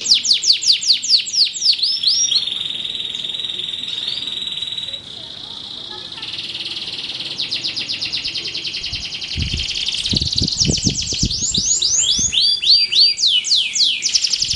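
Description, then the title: Canary song, a fast run of high sweeping notes and rapid trills, with a steady buzzy held note in the middle, then more rising and falling sweeps; a few low knocks. Belgian canary; warm-up song used to stimulate a canary to sing. "Canto Para Esquentar Canário Belga. SUARA BURUNG : Kenari"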